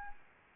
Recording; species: mosquito wingbeat signal from an infrared sensor; Anopheles arabiensis